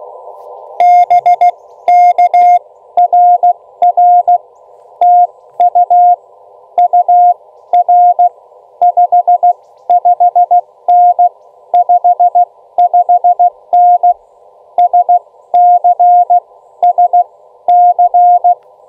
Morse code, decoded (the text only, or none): BK RR TU UR 55N 55N SC SC